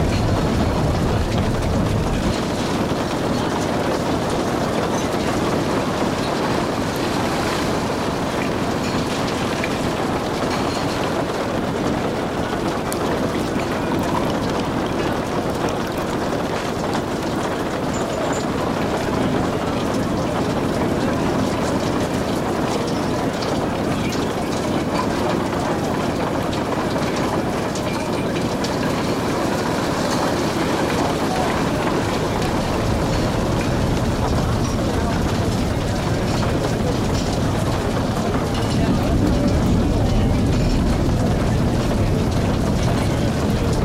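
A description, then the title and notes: A busy pub on a rainy day, with a dense, steady wash of overlapping voices and low room rumble filling the whole stretch. Chatter stays constant, with a deeper low hum thickening near the start and again toward the end. At the Pub on a Rainy Day.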